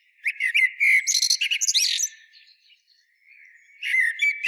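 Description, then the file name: Eurasian blackbird song that opens with a rapid, loud run of twittering and warbled notes, drops to a soft trailing warble, then restarts briefly. "Turdus merula"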